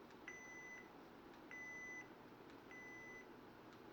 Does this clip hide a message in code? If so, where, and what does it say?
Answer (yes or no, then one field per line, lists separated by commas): no